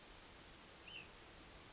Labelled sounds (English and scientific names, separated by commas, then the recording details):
Ash-throated Flycatcher (Myiarchus cinerascens)
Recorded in Sonoma County, California